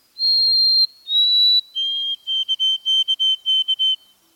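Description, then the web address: White-throated sparrow whistled song: a long high pure note, a second slurred whistle, then a lower steady tone stuttering into quick repeated short notes. "BIRD NOTE. White throated Sparrows"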